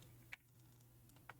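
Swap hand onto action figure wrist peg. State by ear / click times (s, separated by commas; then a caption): not seated / none. A swap hand is pushed onto the plastic wrist peg of a Storm Collectibles Unmasked Sub-Zero collectible action figure, giving two short handling taps at about 0.3 and 1.3 seconds over a steady low hum. The hand does not snap into place and just sits loosely on the peg, so nothing has seated or clicked yet.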